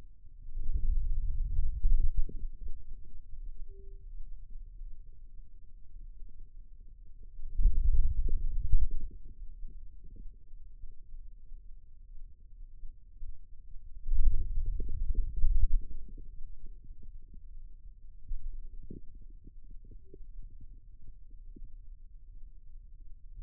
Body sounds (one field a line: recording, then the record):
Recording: forearm muscle sounds (acoustic myography)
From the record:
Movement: ulnar deviation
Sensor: system 2, bracelet of six BSWA MPA416 microphones around the upper forearm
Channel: 4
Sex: male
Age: 22 years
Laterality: right